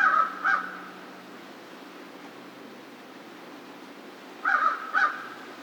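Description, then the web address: American crow caws in two pairs, one pair at the start and another near the end, separated by a few seconds of hum. Recorded 2 March 2010. "Crow 2010 03 02 American Crow 03"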